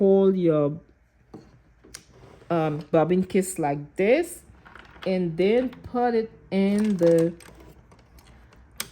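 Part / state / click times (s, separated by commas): bobbin case into sewing machine rotary hook / seated / 8.8 s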